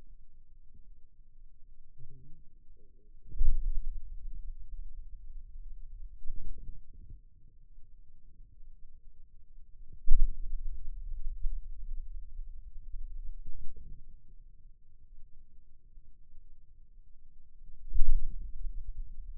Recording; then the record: forearm muscle sounds (acoustic myography)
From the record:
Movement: radial deviation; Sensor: system 2, bracelet of six BSWA MPA416 microphones around the upper forearm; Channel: 1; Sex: male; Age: 22 years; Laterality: right